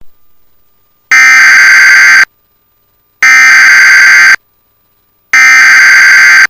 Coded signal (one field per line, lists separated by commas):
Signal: Emergency Alert System (SAME) tones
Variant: header bursts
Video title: EAS FFW 1:37pm Puerto Rico 2-jun-2024